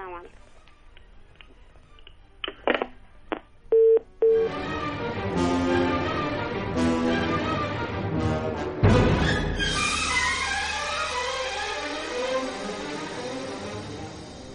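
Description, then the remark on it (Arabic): Several short electronic telephone dialing beeps and a brief steady tone ring out as a new contestant's phone call comes in on a radio program, then give way to a loud, dense burst of layered music with rising and falling melodic sweeps. “ومعنا تليفون جديد لمتسابق جديد.”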